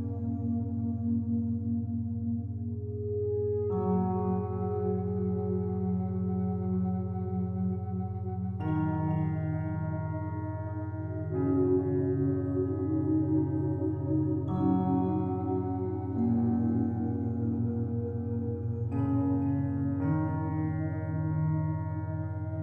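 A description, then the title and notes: Binaural beat tones hum as a steady, low drone that never drops out, with a bell-like ring layered above it. New chords of soft sustained tones enter about every three to five seconds, shifting the color while the level stays even throughout. 12 HOURS (Binaural Beat Beta) 14-30 Hz.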